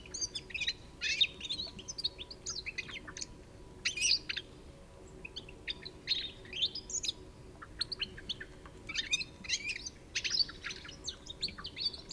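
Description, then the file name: European goldfinch twittering: dense runs of bright, liquid chirps and buzzy notes in repeated bursts every second or two. "Carduelis carduelis"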